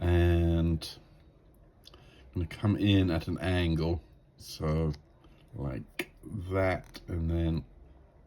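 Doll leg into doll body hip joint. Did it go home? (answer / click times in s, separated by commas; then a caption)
no / none. Someone talks while handling a vintage vinyl doll leg, softened in hot water, angling it toward the plastic hip joint of a 1972 Busy Steffie Barbie doll body, with a few faint handling clicks near 1.9 s. The clip ends before the leg pops into place, and nothing has seated yet.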